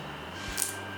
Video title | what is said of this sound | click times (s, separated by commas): Renter Friendly Wall Decor Ideas | to press it gently until it clicks and once it is set remove this liner | 0.6 s